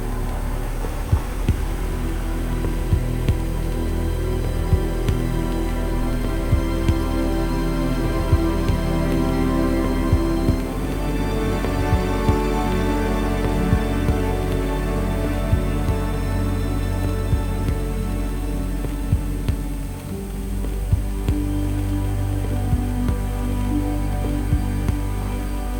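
A deep, steady machine bass drone with layered low hums, sprinkled with irregular crackling clicks, a thin high whine, and a brief dip near twenty seconds.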